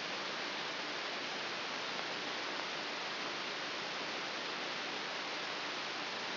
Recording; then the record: brain microelectrode recording played as sound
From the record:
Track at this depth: inside the subthalamic nucleus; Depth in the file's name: 3.898 mm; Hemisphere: left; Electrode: 3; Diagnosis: Parkinson's disease